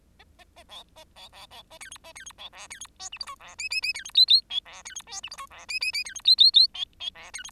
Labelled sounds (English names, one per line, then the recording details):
Bengalese Finch song
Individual Bird10